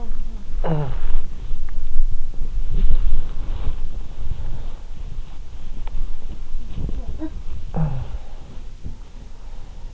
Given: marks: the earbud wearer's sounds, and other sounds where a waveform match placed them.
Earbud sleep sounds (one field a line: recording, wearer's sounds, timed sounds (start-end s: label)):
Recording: sounds in sleep by an in-ear microphone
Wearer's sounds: body movement, talking in sleep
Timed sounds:
0.00-9.60 s: body movement
0.34-1.60 s: talking in sleep
6.08-7.57 s: sound from someone else or the room
7.31-8.91 s: talking in sleep